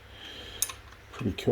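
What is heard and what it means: A torque wrench set to nine newton meters tightens a bolt on the second side of a CB750 K2 motorcycle. It gives a single sharp click at 0.6 s, and someone talks shortly after.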